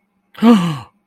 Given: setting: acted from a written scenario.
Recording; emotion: vocal sound without words; negative surprise